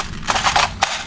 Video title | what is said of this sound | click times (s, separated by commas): E&C EC-105 SPECIAL EDITION UNBOXING AND REVIEW | Yun, make sure na narinig niyo yung clicking sounds na yun, no. So ready na yan. | 0.8 s